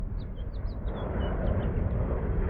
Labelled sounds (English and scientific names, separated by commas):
House Finch (Haemorhous mexicanus) song